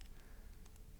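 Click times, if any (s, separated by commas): none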